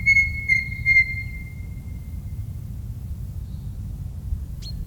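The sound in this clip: Tui song with three quick ringing notes that run into a long, fading whistled tone, then a short click, over a steady low rumble.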